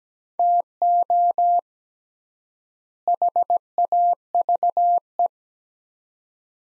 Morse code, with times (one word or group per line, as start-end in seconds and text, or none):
0.4-1.6 TO
3.1-5.3 HAVE